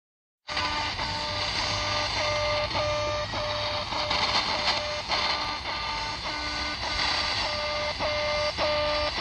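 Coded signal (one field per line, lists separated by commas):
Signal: channel marker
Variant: The Alarm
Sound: buzzy tone repeating about twice a second, pitch shifting between steps, under static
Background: radio static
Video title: SW DX "The Alarm" - Russian military commandment network communication, reception in Sofia, Bulgaria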